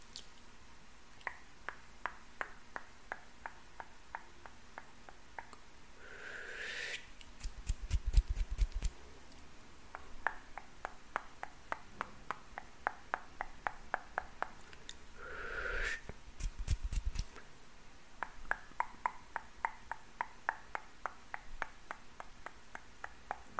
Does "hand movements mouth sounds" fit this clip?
yes